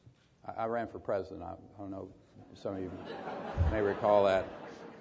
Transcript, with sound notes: I ran for President, I don’t know if some of you – [Laughter] may recall that.